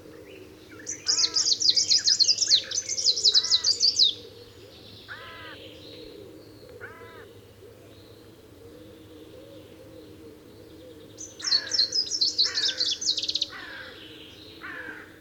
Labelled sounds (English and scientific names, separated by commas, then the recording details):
Greenish Warbler (Phylloscopus trochiloides) song
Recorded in the wild
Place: Sassnitz, Insel Rügen, Mecklenburg-Vorpommern, DE
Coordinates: 54.565, 13.615
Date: 1978-05-31
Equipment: Nagra III BH, Sennheiser MD 21, parabola
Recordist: Schubert, Michael
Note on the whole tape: Spontangesang Grüner Laubsänger